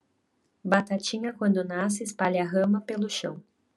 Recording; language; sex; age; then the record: short text; Brazilian Portuguese; female; 20 to 29 years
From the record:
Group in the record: control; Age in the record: 22 years